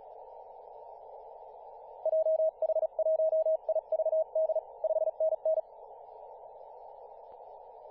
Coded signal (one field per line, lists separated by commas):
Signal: Morse code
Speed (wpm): 36 wpm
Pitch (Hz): 640 Hz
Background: radio noise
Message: JH1IVD 5NN